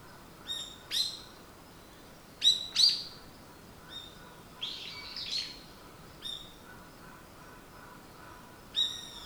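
Bird calls: short high chirps, given singly or in pairs at irregular gaps.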